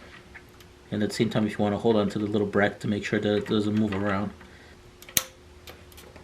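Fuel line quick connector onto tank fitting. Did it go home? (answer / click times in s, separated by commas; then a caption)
yes / 5.2 s. Someone talks while a fuel line quick connector is slid onto its tank fitting during a fuel filter install, with the small bracket held so it doesn't move. After a few faint ticks, a sharp click at 5.2 s marks the connector seating securely, followed by light handling taps.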